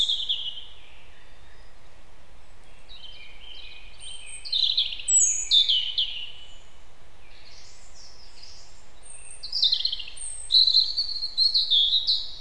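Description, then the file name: European robin song: bursts of bright, jumbled high warbling and thin sliding whistles, with a quieter stretch between them. "Erithacus rubecula"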